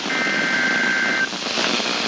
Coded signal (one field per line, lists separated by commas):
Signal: Emergency Alert System (SAME) tones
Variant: header bursts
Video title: EAS 66 - Double Header 2